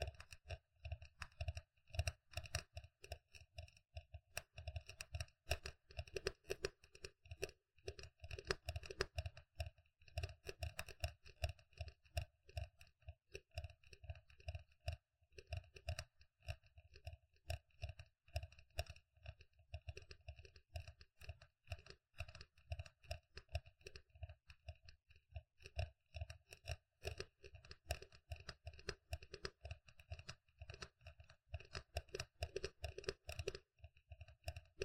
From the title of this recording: Tapping